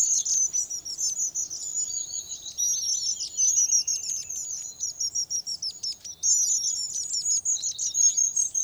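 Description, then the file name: Long-tailed tit calls, many high, thin twittering notes and buzzy trills overlapping almost without pause, with occasional lower chirps beneath. "Staartmees"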